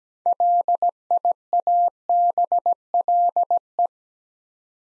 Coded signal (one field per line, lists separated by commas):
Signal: Morse code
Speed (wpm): 17 wpm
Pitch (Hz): 700 Hz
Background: none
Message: LIABLE